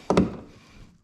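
The bottom fastener of a Rally Armor urethane mud flap on a 2022 Subaru Forester Wilderness is pushed into the hole in the plastic fender liner. It pops into place with a sharp snap at 0.1 s, followed by a second snap at 0.2 s that quickly fades. The fastener is seated.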